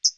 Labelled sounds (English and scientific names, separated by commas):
Hooded Warbler (Setophaga citrina) flight call